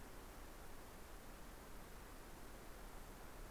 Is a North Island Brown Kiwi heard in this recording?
no